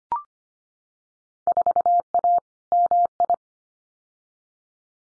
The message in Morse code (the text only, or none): 4A MI